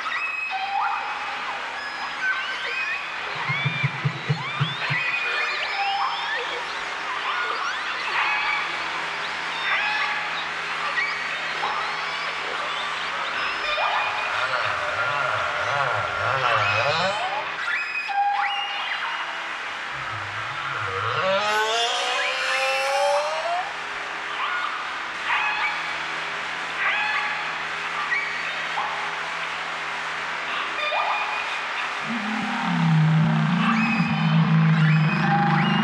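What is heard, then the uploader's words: Underwater whale song with sweeping moans, rising whoops and a low rumble around 4, 15, 20 and 33 seconds over steady hiss. Underwater Whale Song Sound.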